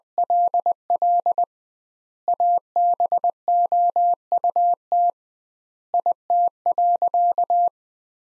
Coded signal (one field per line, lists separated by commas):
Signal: Morse code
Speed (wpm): 20 wpm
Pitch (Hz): 700 Hz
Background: none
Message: LL ABOUT IT.